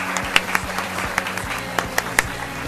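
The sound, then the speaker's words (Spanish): Brief, scattered applause: a handful of sharp hand claps at an uneven pace, moderately loud, over a faint low background murmur. “Ah, otro aplauso.”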